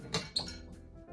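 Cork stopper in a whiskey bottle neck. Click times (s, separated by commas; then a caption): 0.4 s. A cork stopper is pulled out of the neck of a whiskey bottle. A short scrape at 0.1 s leads into a sharp pop at 0.4 s as the cork comes free, followed by faint rustling. The cork is released, and the pop is judged just okay.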